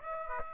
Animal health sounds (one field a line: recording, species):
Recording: mosquito wingbeat signal from an infrared sensor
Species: Aedes aegypti